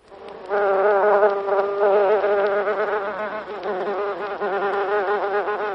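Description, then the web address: Buff-tailed bumblebee giving a loud, sustained buzzing hum that starts abruptly and holds steady with slight pitch wavers throughout. "bombus terrestris"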